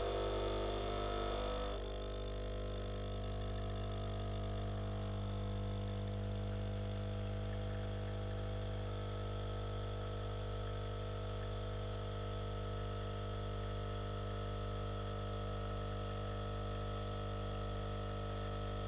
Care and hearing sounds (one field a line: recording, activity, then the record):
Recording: daily activity, microphone in the room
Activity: make coffee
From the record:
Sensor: 4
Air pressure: 992.4 hPa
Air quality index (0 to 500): 142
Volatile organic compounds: 76 ppm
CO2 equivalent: 3570 ppm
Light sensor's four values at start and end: 16/56/20/21 and 18/64/23/25